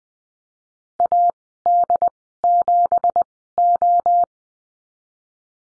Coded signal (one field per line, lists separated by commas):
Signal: Morse code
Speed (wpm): 20 wpm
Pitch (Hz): 700 Hz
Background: none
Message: AD7O